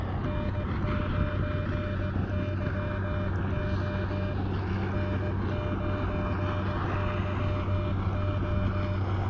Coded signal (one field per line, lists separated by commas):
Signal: Morse code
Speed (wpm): 16 wpm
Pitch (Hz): 600 Hz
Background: none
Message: N9YO N9YO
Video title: Catch a Fish & a QRP QSO? Elecraft KX2 + Pico Paddle CW ~~~ K6ARK !!!